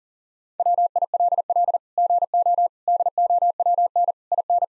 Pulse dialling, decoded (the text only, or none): none